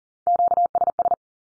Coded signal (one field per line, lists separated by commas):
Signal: Morse code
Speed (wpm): 40 wpm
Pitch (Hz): 700 Hz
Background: none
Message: QSS